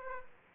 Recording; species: mosquito wingbeat signal from an infrared sensor; Aedes aegypti